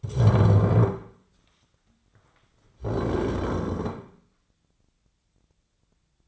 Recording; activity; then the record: daily activity, microphone in the room; stand up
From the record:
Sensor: 3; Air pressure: 1009.2 hPa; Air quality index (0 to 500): 187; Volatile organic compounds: 3 ppm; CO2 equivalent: 1510 ppm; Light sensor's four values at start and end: 49/126/55/56 and 35/91/41/42